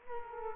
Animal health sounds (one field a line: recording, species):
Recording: mosquito wingbeat signal from an infrared sensor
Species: Culex quinquefasciatus